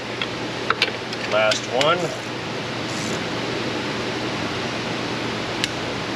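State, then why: Torque reached. A torque wrench tightens the last spark plug into the cylinder head of a Honda Civic while someone talks, with a few sharp metallic ticks near the start. The wrench clicks at 5.6 s, confirming the plug is torqued to its setting.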